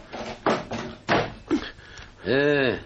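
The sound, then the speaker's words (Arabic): A house door swings shut with a few solid, dull thuds in quick succession, followed by a short, drawn-out tonal creak or groan at the end. “اقفل الباب يا حسن.”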